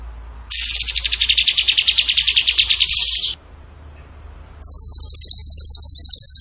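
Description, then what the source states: Bird singing a lower, rolling chattering phrase of rapid pulses for nearly three seconds, then, after a pause, a higher, thinner rapid trill. Masteran (training recording) in the tembakan gacor song style.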